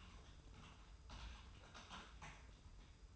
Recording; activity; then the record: daily activity, microphone in the room; typing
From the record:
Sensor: 2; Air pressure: 990.8 hPa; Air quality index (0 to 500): 144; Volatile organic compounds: 297 ppm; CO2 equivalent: 4474 ppm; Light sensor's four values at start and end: 28/69/27/29 and 28/69/27/29